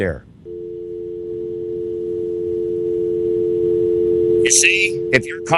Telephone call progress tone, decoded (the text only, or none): dial tone